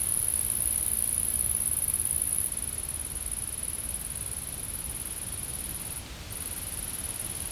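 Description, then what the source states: Insects keep up a high continuous buzz that softens after two and a half seconds and briefly cuts out near six seconds. Insects recorded in a field.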